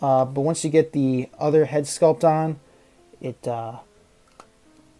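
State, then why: Seated. Someone talks while fitting the other plastic head sculpt onto the neck peg of a NECA King Kong 1933 action figure. A single short snap is heard at 4.4 s as the head seats firmly onto the neck joint.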